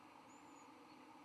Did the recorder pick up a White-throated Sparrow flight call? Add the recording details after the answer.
no. No flight call is heard. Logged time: 11:30 on 13 November 2014